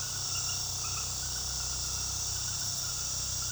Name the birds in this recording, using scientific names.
none